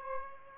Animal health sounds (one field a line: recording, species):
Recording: mosquito wingbeat signal from an infrared sensor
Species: Aedes albopictus